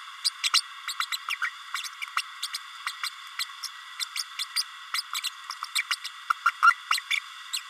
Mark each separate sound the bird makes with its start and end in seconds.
0.24-0.30, 0.43-0.49, 0.53-0.62, 0.87-0.93, 0.99-1.05, 1.11-1.17, 1.28-1.35, 1.41-1.49, 1.74-1.88, 2.16-2.22, 2.42-2.47, 2.53-2.58, 2.86-2.92, 3.03-3.09, 3.38-3.45, 3.63-3.68, 3.99-4.05, 4.15-4.23, 4.38-4.45, 4.56-4.63, 4.93-5.02, 5.14-5.20, 5.23-5.29, 5.62-5.66, 5.75-5.82, 5.90-5.96, 6.04-6.08, 6.30-6.33, 6.46-6.51, 6.62-6.75, 6.90-7.01, 7.10-7.19, 7.53-7.61